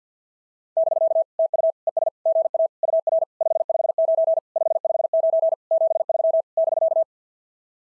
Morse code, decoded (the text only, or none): <BK> TU ES GA UR 559 559 73 <BK>